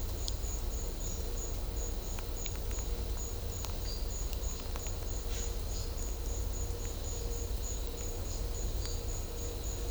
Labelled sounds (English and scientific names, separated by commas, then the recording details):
none
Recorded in secondary vegetation near Puerto Asís, Putumayo, Colombia, on 21 December 2024 at 11:30
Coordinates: 0.500, -76.326
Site G065